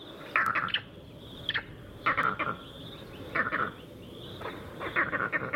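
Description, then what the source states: Vervet monkey alarm calls: several clusters of sharp, chattering barks with quieter gaps between. Recorded in Kenya; alarm calls communicating precise information about a predator spotted nearby, here a leopard and an eagle.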